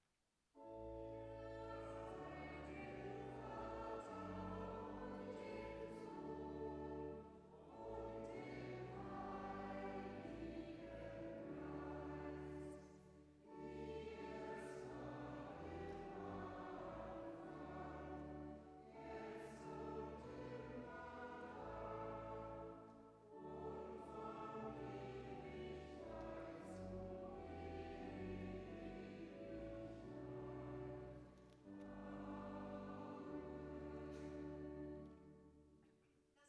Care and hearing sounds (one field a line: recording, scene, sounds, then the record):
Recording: everyday scene through a hearing-aid microphone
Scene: reverberant space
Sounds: music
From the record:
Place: church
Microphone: behind the ear, right, front